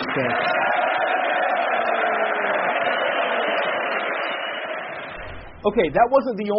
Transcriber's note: applause